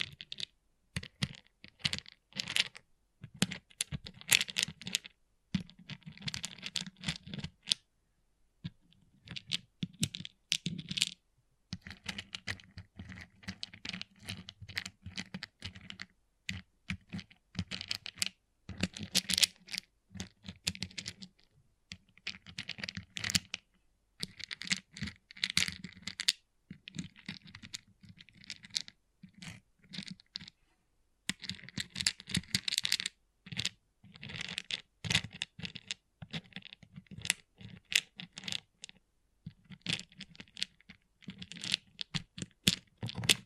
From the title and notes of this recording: ASMR Relaxing Pixel Art Beads ( No Talking).